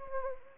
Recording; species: mosquito wingbeat signal from an infrared sensor; Anopheles gambiae